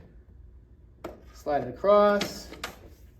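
The outside frame section of a Nuprodx MC5000 tub-slider system is lined up and slid across so its anti-tip clip can lock under the slide track, while someone talks. Brief handling knocks sound near 1.1 s and 2.6 s. Nothing has seated or clicked yet.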